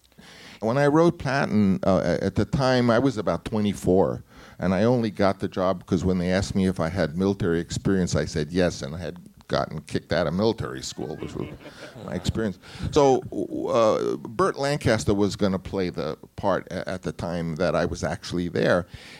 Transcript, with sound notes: When I wrote "Patton," at the time I was about 24, and I only got the job because when they asked me if I had military experience I said yes, and I had gotten kicked out of military school, which was my experience.
(SOUNDBITE OF LAUGHTER)
So Burt Lancaster was going to play the part at the time that I was actually there